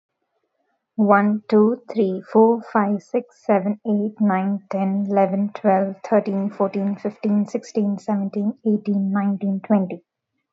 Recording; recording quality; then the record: counting at a fast pace; excellent, no background noise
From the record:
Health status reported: healthy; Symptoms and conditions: none ticked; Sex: female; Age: 32 years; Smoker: not ticked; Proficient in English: yes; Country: India